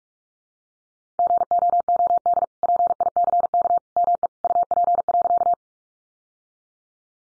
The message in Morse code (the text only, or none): GOOD PICK ME UP.